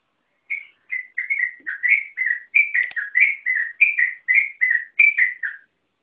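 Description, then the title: Yellow-vented Bulbul delivering a rapid sequence of clear whistled notes, slurring up and down, several per second. "burung rucukan"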